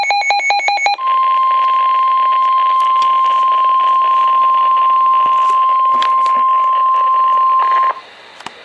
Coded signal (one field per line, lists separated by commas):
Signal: Emergency Alert System (SAME) tones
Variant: 1050 Hz attention tone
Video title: Special Marine Warning for Chesapeake Bay from Sandy Point to North Beach MD {EAS #1416}